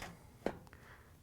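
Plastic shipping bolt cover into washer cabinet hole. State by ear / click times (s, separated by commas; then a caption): not seated / none. A plastic shipping bolt cover is handled and slid toward its hole in a washer cabinet, with a short handling knock near 0.5 s and two faint ticks around 0.7 s against a quiet background. The cover has not seated or snapped into place yet.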